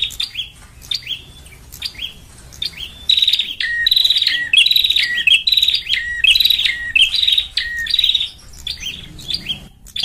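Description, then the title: Lovebird chattering, rapid shrill twittering bursts repeated throughout with short gaps, mixed with thin rising chirps. Lure call for trapping lovebirds (pikat). "PIKAT BURUNG LOVEBIRD"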